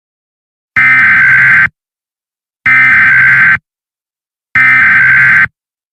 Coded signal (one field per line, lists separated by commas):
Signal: Emergency Alert System (SAME) tones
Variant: header bursts